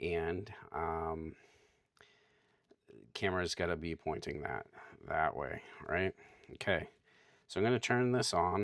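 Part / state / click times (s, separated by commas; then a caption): phone clamp/tracking module onto smartphone gimbal / not seated / none. A phone clamp or tracking module is being handled and fitted onto a DJI Osmo Mobile 8 smartphone gimbal while someone talks. There is a faint tap near 2.0 s between the speech. Nothing has seated or clicked into place yet.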